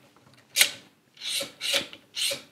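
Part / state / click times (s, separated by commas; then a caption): camera quick-release plate into gimbal clamp / seated / 0.6 s. A camera quick-release plate with a lens support is pushed back into the gimbal's plate clamp. A few faint ticks are followed by a sharp, loud click at 0.6 s, then three rasping, sliding rubs. The plate seats and locks in place so it can't go anywhere.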